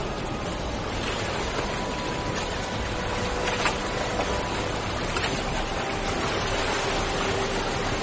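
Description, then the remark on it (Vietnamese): Distant sea waves roll in a continuous, steady wash of rushing water, a dense hiss that holds an even loudness throughout with no voices, and faint tonal hums sit beneath it. “Một tiếng rú thảm thiết nổi lên, xa xa sóng biển rập rình.”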